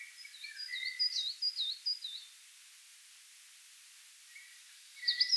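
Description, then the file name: Coal tit singing a short series of high, quick two-note phrases, falling silent for about two seconds before a brief renewed burst at the end. "Periparus ater"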